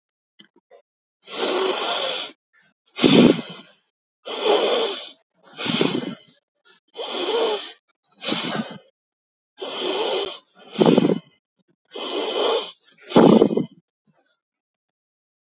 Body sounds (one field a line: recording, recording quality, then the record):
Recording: deep breathing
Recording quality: excellent, no background noise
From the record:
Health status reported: healthy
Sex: male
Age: 64 years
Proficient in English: yes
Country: India